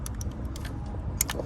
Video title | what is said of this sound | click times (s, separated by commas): Jeep Grand Cherokee. Fuel injector problem.Rough idle engine misfires, poor acceleration | You hear that snap? And you push it in. So that's the lock. | 1.2 s